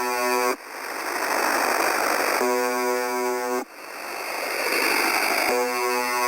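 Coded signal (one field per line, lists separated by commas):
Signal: channel marker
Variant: UVB-76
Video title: 4625.00 Khz - UVB 76 - MDZhb - Strange Sound - Sonido Extraño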